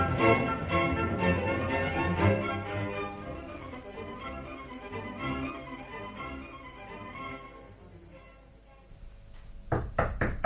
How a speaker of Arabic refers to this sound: من يطرق الباب؟